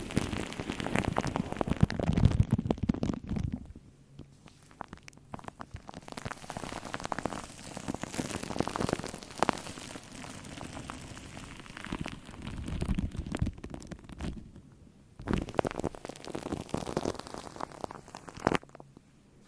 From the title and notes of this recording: Shaving Cream on Mic. Brainmassage mit Schaum.